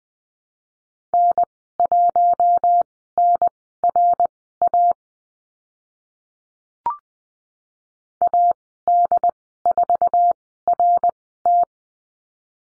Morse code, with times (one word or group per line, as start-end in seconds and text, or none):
1.1-4.9 N1NRA
8.2-11.6 AD4RT